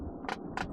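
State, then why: Seated. Someone adjusts the armrest on the second-row captain seat of a Hyundai Santa Fe, stepping it through its ratchet pin and detent mechanism notch by notch. Two short clicks sound at 0.3 s and 0.6 s over a steady low background. The armrest ratchet clicks into its notches and seats.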